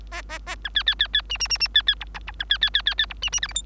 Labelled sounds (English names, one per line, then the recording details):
Bengalese Finch song
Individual Bird3